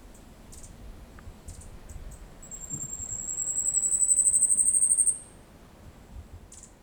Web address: bird song yabusame